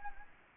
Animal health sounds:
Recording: mosquito wingbeat signal from an infrared sensor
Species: Anopheles gambiae

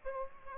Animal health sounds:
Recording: mosquito wingbeat signal from an infrared sensor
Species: Aedes aegypti

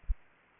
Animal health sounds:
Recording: mosquito wingbeat signal from an infrared sensor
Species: Aedes aegypti

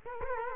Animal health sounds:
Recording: mosquito wingbeat signal from an infrared sensor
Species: Culex quinquefasciatus

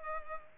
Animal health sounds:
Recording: mosquito wingbeat signal from an infrared sensor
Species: Culex pipiens

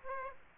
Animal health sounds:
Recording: mosquito wingbeat signal from an infrared sensor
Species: Aedes aegypti

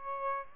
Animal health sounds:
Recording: mosquito wingbeat signal from an infrared sensor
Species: Aedes albopictus

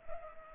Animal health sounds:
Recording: mosquito wingbeat signal from an infrared sensor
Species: Culex pipiens

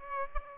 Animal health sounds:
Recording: mosquito wingbeat signal from an infrared sensor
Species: Aedes aegypti

